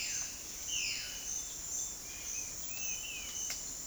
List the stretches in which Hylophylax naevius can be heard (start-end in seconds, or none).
none